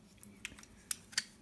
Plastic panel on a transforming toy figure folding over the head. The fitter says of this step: and just flip it over till it clicks over his face just to get it out of the way um